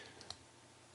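A deployable plastic part on a collectible action figure snaps into position. There is a light click at 0.2 s and a sharper, louder click at 0.3 s. It clips in but gives only a weak hold: it holds the rotation moderately and pops out easily.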